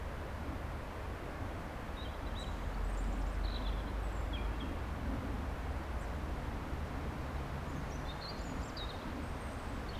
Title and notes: Saint-Genix-les-Villages, France - Paysage d'automne. Paysage sonore près du Guiers, un avion de passage ,le chant d'un rouge-gorge, le bruissement de l'eau